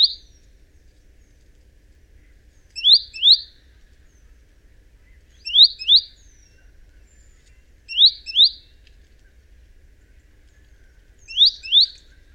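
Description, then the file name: Great tit: short, sharp high notes, mostly in quick pairs, repeated every few seconds against a quiet background. "Parus major"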